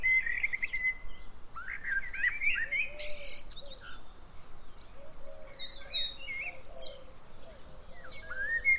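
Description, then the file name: Common blackbird singing fluty warbled phrases after a drawn-out whistle, with other birds chirping higher and a low wavering tone in the background. "Turdus merula"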